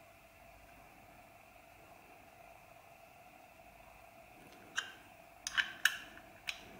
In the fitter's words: Je vais essayer de pas trop faire de bruit, que vous puissiez entendre le petit clac du processeur.